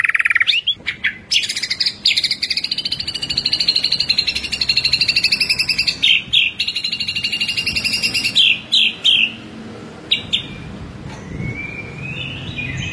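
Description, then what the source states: White-rumped shama song: long, fast rolling trills held at a high pitch, broken by brief sharp clicks and short pauses, continuing almost without stop. Masteran (training) track; full ngerol and nembak song styles.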